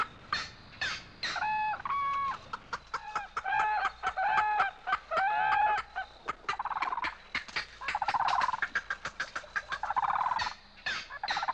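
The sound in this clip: Bird calls: clucking notes and short harmonic squeals in irregular bursts, with a few longer rough phrases toward the end.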